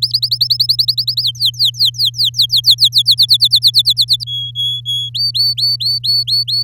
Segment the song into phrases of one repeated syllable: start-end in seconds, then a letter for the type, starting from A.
0.02-0.12 A, 0.13-1.22 B, 1.23-3.02 C, 3.06-4.24 D, 4.27-5.09 E, 5.14-6.63 F